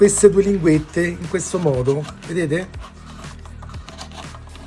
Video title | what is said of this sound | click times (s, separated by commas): TUMBLER BATMOBILE Hachette *** Bat-Tutorial fascicoli 6 - 7 | facendo così in pratica già ti è andata a incastrarsi vedete una parte già si è incastrato per questo che è rimasto un po' così basta andare dentro con la mano spingerlo un pochino verso l'esterno | 3.9 s